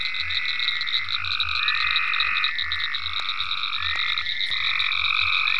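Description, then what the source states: Fast, busy frog chorus of overlapping trills over regular low croaking pulses and a constant shrill background drone. Frogs in ponds at Venaura farm, recorded 27 May 2010.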